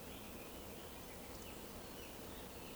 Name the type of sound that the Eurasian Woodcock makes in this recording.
whistle